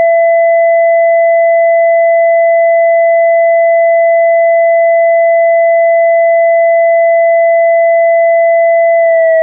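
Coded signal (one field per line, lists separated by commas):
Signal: siren signal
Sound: a single steady electronic siren tone held about nine seconds, sagging slightly at the end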